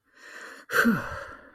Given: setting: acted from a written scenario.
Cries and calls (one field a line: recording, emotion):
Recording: vocal sound without words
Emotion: triumph